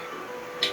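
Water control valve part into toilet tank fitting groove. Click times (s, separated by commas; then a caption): 0.6 s. A water control valve part, the piece that opens and closes the water in a toilet tank fitting, is set into a groove and snapped in. Under a steady low hum, a single sharp click sounds at 0.6 s, and the part seats in the groove.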